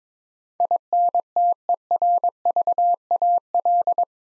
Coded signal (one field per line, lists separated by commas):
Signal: Morse code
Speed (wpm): 22 wpm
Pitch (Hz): 700 Hz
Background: none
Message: INTERVAL